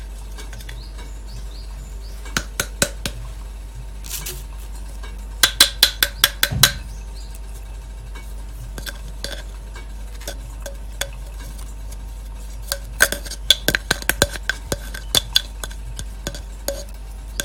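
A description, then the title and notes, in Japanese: Mocha blend coffee beans being roasted, with clusters of sharp crackling clicks around 2–7 seconds and 13–16 seconds over a steady low hum. 今朝は”モカブレンド”を焙煎。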